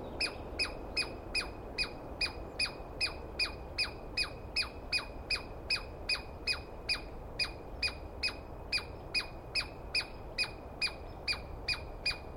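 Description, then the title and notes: Douglas squirrel scolding: a long, steady series of harsh, buzzy notes, each dropping in pitch, about two and a half per second, with a faint hiss behind. Single wild squirrel screaming at length at dawn, morning of 21 April 2017, East Cascades; recordist startled awake by it; identity judged by its sound, animal only poorly seen. "On the morning of 21 April, 2017, I set up my microphones and recorder for a nice dawn recording in the East Cascades. I was started awake by a screaming Douglas Pine Squirrel."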